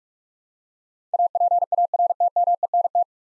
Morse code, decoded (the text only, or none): APARTMENT